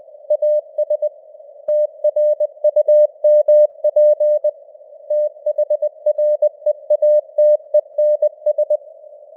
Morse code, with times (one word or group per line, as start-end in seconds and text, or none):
0.3-1.1 AS
1.7-4.5 TRUMP
5.1-8.8 THREATENS